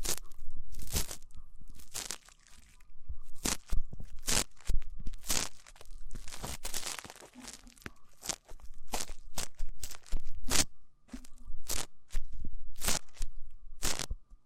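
Rough ear cleaning, heard as a run of sharp, crackling scrapes and crunches that come in quick, irregular bursts roughly every half second to a second. Between strokes there are brief quiet gaps, with a faint steady thin tone underneath throughout.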